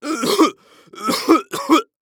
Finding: Male cough gagging.